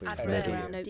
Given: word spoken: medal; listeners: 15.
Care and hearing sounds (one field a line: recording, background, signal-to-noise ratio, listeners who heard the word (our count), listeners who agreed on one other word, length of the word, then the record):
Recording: one English word in noise, from a listening test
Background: four-talker babble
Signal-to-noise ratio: 0.1 dB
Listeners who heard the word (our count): 0 of 15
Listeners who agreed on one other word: 7 of 15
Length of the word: 0.50 s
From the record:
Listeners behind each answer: 7, 3, 1, 1, 1, 1, 1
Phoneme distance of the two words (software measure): 27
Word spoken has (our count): 2 syllables, 5 phonemes, stress on syllable 1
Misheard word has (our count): 2 syllables, 4 phonemes, stress on syllable 1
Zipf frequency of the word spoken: 4.64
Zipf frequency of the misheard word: 5.52